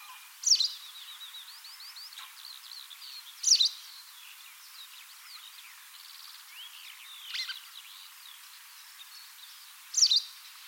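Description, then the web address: Bird giving a sharp, high, down-slurred call several times, amid a busy background of fainter chirps and twitters. "Deverinetal 2025 File origin Bird Only"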